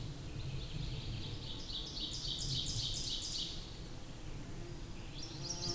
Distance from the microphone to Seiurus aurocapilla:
about 60 m